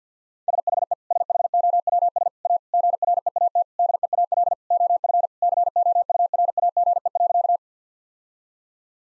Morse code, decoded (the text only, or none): SHE SHOWS A GREAT DEAL OF COURAGE.